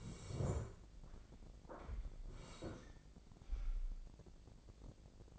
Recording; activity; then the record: daily activity, microphone in the room; sit down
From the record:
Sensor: 5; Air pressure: 1012.4 hPa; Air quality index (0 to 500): 146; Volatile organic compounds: 2 ppm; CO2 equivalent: 1007 ppm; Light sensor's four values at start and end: 284/681/291/322 and 284/680/290/322